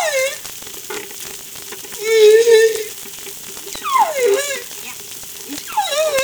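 Whale vocalizing with tonal, wavering moans and whistles, several sweeping downward, in separate calls against a faint crackling background.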